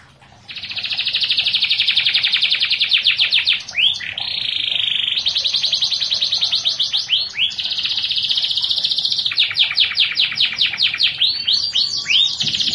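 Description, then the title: Canary song: a loud, continuous run of rapid trills and rolling tours, switching between buzzy high rattles and sweeping down-slurred notes. "Kenari"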